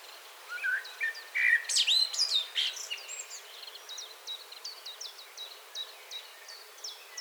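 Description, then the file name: Common blackbird calls as a string of short high ticks, about two a second, following a loud stretch of mixed chattering bird notes. "Turdus merula"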